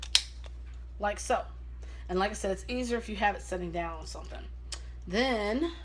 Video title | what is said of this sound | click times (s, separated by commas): How To Insert A Guardian Sensor 3 For The 670G- Site Change Day | take it and push it down until you hear a click like | 0.2 s